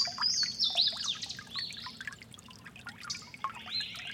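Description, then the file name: Louisiana waterthrush whistled song notes, slurred and descending, over loud rushing water. Giant City Creek, March 29. "LAna Waterthrush Giant City Creek March 29 th"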